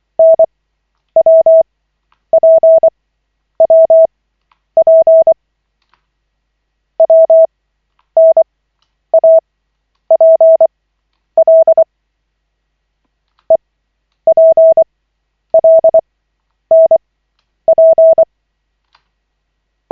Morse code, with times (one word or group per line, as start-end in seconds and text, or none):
0.2-5.3 NWPWP
7.0-11.8 WNAPL
13.5-18.2 EPLNP